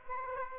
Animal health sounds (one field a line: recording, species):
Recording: mosquito wingbeat signal from an infrared sensor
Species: Aedes aegypti